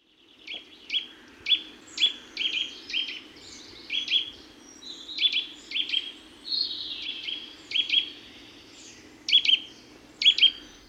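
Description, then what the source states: Eurasian nuthatch giving loud, repeated sharp calls in irregular bursts, with a low steady hum beneath. Garden and woodland bird, often seen at peanut feeders.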